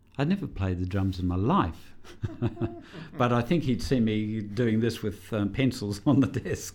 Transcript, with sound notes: I’d never played the drums in my life [laughs] but I think he’d seen me doing this with pencils on the desk.